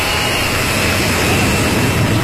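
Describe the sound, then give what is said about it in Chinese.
A loud, steady jet engine roar of a Chinese-made large airliner taking off fills the whole stretch, a broad rushing noise with a deep rumbling low end and no voices. “国产大飞机一飞冲天”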